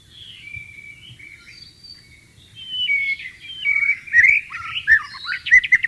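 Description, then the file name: White-rumped shama song beginning with soft, level whistles that build into loud, rapid, tumbling phrases of sliding notes. "suara burung murai batu di alam liar"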